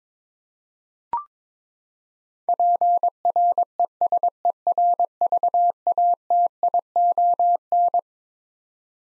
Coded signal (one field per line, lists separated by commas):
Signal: Morse code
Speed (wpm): 22 wpm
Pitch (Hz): 700 Hz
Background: none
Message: PRESERVATION